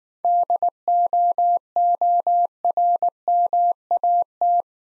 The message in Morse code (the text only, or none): DOORMAT